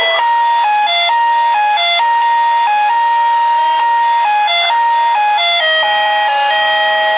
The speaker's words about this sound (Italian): Ehi, hai il campanello!